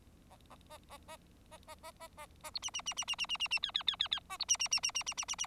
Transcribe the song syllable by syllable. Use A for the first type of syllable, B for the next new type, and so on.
A A A A A A B C C C C C C C C C D D D D D A B C C C C C C C C C